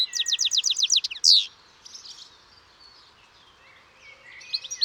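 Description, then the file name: European goldfinch calls, a fast run of repeated twittering notes, then a sharp louder note, quiet chatter, and renewed twittering at the end. "Carduelis carduelis"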